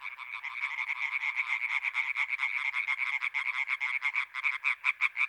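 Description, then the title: Chorus of European tree frogs, steady rapid croaking that grows a little louder and more clipped toward the end. Recorded 21 May 1993 at the Marguilliers pond in Sologne, France, an hour after nightfall, during intense calling activity of many tree frogs. "Choeur de rainettes en Sologne"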